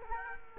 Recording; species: mosquito wingbeat signal from an infrared sensor; Culex quinquefasciatus